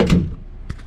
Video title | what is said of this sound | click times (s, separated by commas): 2020 Jeep Gladiator Rubicon, THE ULTIMATE JEEP!! | nice click. That's a nice click. | 0.0 s